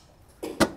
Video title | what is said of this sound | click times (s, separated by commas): How to Assemble the Serve in Style Play Kitchen | first, then you press down on the top pin until you hear it snap into place. | 0.6 s